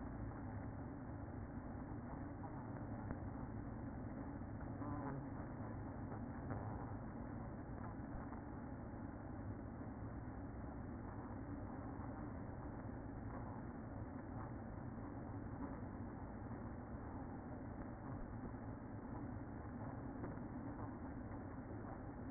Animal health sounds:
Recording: honeybee colony, microphone inside the hive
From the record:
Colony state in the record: queen present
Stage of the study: after two queens were removed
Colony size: about 60,000 bees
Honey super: yes

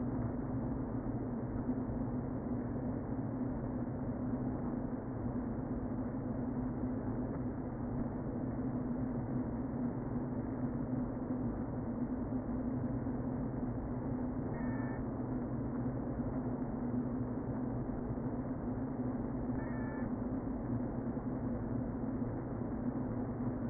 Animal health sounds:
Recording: honeybee colony, microphone inside the hive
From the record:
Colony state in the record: queen present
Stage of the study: before two queens were removed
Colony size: about 60,000 bees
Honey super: yes

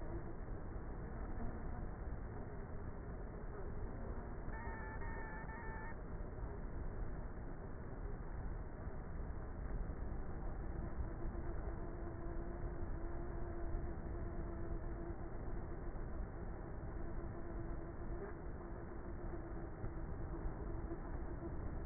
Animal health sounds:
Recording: honeybee colony, microphone inside the hive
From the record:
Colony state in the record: queenless with a low population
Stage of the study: before two queens were removed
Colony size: about 30,000 bees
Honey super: no

